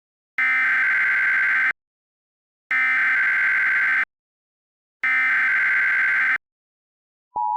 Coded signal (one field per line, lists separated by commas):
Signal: Emergency Alert System (SAME) tones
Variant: header bursts